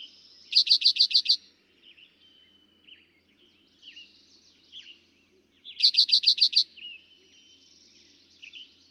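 Eastern towhee song: a quick burst of six or seven sharp, even notes, given twice about five seconds apart, with softer whistles and chips of other birds between.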